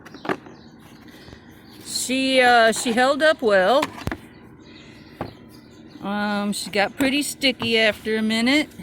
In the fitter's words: and uh the handle just pops right in place right there like that